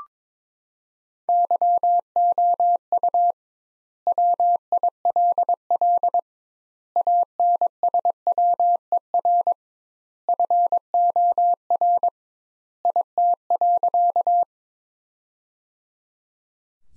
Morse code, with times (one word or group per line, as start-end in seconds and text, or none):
1.3-3.3 YOU
4.1-6.2 WILL
7.0-9.5 ANSWER
10.3-12.1 FOR
12.8-14.4 IT.